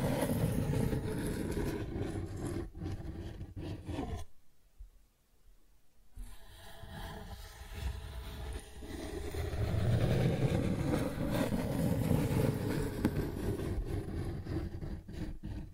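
Cardboard is scratched and dragged in a dense, rough, rumbling stream with a low grainy body and a few sharp ticks. Near-silence falls from about four to six seconds, then the scraping returns and swells loudest around ten seconds before easing slightly.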